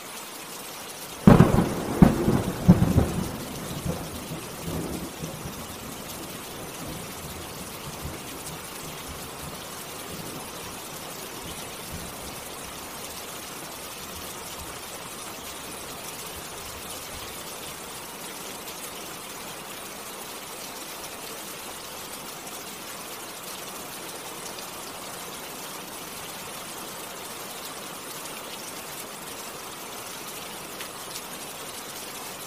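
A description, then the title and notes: Rain hisses steadily throughout, opening with a brief cluster of louder clattering knocks in the first few seconds before settling into an even wash. Rain Sound.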